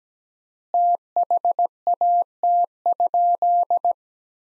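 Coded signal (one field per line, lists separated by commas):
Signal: Morse code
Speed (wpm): 17 wpm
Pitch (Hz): 700 Hz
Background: none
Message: THAT?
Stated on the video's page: Morse practice at 17 wpm: sentences from the top 100 words with 3x word spacing, a Farnsworth-like method using words.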